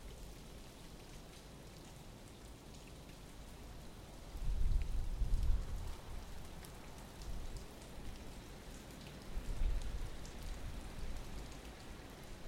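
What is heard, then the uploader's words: Morning rain falls steadily, a dense, even patter with scattered bright drip clicks throughout. Around four and a half to six seconds a low rumble swells, like a car passing, and a fainter one returns near ten seconds. I woke up early to the sound of rain and just parked my microphones by my front door and went back to bed.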